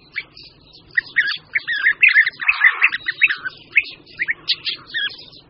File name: Vlha-pestrá